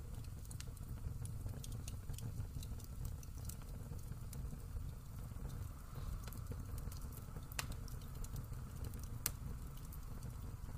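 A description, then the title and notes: A fireplace crackles and pops over a steady, low roar that holds even throughout. Sharp little snaps land irregularly every fraction of a second, with a few louder, brighter pops standing out near the start, around seven and a half seconds, and just after nine. The fireplace crackles and pops in this quiet recording of a weekend morning by the hearth.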